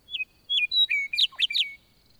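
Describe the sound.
Western Meadowlark song: a few clear whistles stepping down in pitch, followed by a rapid, bubbling, gurgled flourish of complex notes.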